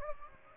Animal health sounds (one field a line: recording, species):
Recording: mosquito wingbeat signal from an infrared sensor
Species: Aedes aegypti